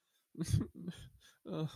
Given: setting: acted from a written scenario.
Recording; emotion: vocal sound without words; sadness